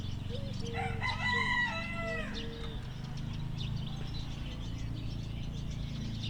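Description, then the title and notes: Chicken crowing, a rooster's long harmonic crow over a steady low engine drone and faint bird twittering. Recorded Saturday 18 May 2019 in Siemianowice Śląskie, Poland, with lawn mowing, a compact excavator digging and birds twittering; Zoom H5 with Audio-Technica BP4025. "Poranna 1, 41-103 Siemianowice Śląskie, Polska - Kury, kosiarka i koparka. Sobota, 18 maja 2019. Kury, ktoś kosi trawnik, ktoś kopie koparką, ktoś spaceruje. Ptaki świergoczą. Zarejestrowano w ramach projektu Nagrania terenowe Siemianowic Śląskich - Dźwiękowy Portret Miasta"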